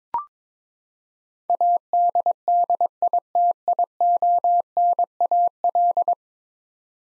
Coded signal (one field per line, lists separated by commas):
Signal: Morse code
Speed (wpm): 22 wpm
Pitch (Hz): 700 Hz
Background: none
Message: ADDITIONAL